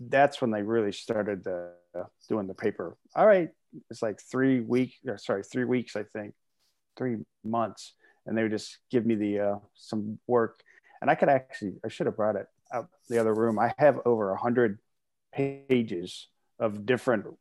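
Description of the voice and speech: A man speaks in short bursts separated by frequent pauses, swapping words mid-phrase ("three weeks… three months") and leaving sentences loosely formed. The halting, word-finding pattern fits mild aphasia after a gunshot wound to the head that destroyed the speech areas, Broca's and Wernicke's areas.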